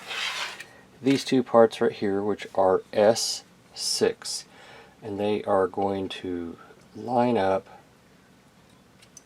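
Two plastic model kit parts labeled S6 are held and lined up by their pegs and peg holes while someone talks, with faint handling sounds and two small ticks near 9.2 and 9.3 seconds. Nothing has seated or clicked yet; the parts have not been pressed together.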